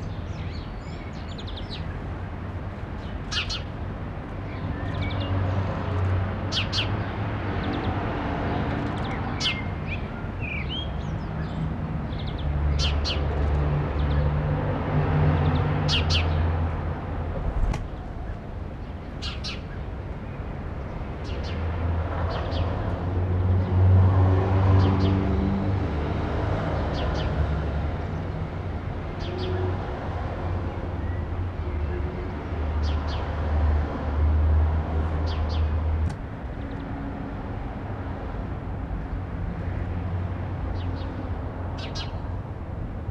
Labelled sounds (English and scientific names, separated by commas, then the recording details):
House Sparrow (Passer domesticus) call
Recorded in the wild
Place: Garmisch-Partenkirchen, Bayern, DE
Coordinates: 47.4917, 11.0794
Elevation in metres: 703
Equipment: Uher 4000, Sennheiser MKH 415 T
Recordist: Tretzel, Erwin